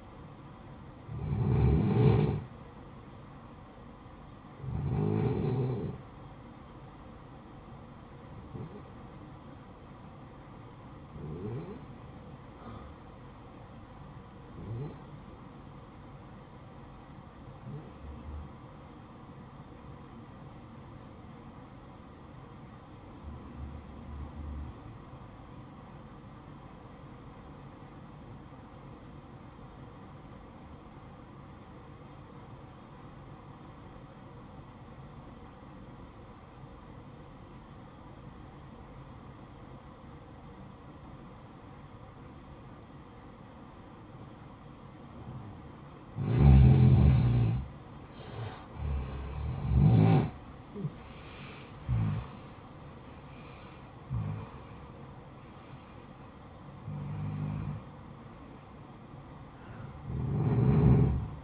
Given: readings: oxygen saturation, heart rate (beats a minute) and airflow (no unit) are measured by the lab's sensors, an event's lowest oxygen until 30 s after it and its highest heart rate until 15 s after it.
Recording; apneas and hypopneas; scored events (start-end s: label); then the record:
breathing in sleep by a smartphone at the bedside; 1
21.00-46.50 s: obstructive apnea (N1, oxygen 95% highest, then 88% lowest, heart rate 58 at the start, 75 highest)
From the record:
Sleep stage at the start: N1 (lightest sleep); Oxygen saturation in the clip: 86 to 95%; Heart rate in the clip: 54 to 75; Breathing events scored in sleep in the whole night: 573 in 9.8 hours asleep